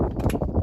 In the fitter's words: and then you hear that and you'll feel it click down in on those threads